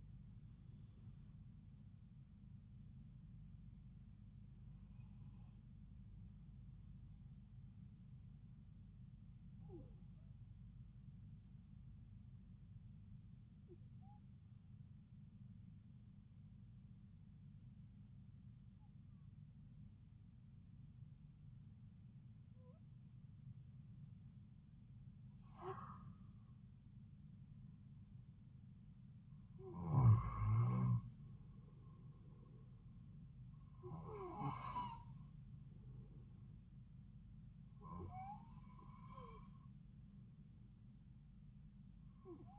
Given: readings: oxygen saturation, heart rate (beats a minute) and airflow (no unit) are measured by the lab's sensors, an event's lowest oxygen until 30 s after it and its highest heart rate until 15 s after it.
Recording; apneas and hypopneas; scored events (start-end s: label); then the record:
breathing in sleep by a smartphone at the bedside; 1
15.00-31.00 s: hypopnea (N1, oxygen 95% highest, then 91% lowest)
From the record:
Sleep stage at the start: N1 (lightest sleep); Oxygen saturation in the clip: 91 to 95%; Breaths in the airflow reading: 8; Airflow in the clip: -5.3 to 7.7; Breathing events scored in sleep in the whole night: 270 in 6.1 hours asleep